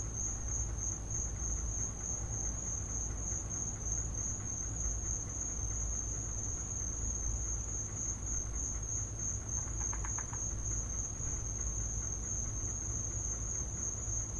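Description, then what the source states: Crickets keep up a constant high, even-pitched trilling; a short burst of rapid clicks breaks in near the ten-second mark, over low rumbling noise. Crickets in the recordist's back yard, captured as a home field recording.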